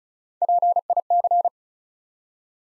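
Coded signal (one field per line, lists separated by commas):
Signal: Morse code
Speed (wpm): 36 wpm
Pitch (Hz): 700 Hz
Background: none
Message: PIC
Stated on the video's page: Morse code practice at 35 wpm: 4-letter words built up one letter at a time, for instant character recognition training.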